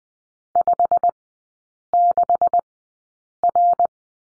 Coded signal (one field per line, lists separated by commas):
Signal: Morse code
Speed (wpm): 20 wpm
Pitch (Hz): 700 Hz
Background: none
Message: 56R